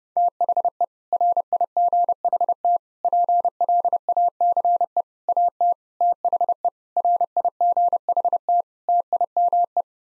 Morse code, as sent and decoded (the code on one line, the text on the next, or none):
- .... . / .-. .. --. .... - / .--. .-.. .- -.-. . / .- - / - .... . / .-. .. --. .... - / - .. -- .
THE RIGHT PLACE AT THE RIGHT TIME